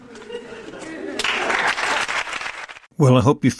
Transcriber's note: claps